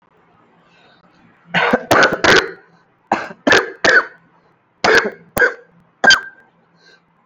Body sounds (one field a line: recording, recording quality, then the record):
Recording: shallow voluntary cough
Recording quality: excellent, no background noise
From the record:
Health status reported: COVID-19 positive, mild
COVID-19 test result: positive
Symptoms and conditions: cough, cold, fever, fatigue, muscle pain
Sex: male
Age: 24 years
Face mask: not worn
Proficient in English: yes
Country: India